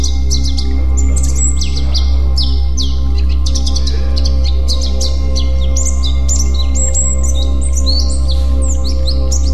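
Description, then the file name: White-eye song, clipped high chirps and short trills tumbling rapidly throughout, a persistent low hum in the background. White-eye 'terapi' (therapy) song. "terapi pleci"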